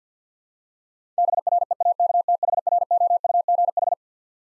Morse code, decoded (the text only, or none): BREAKTHROUGH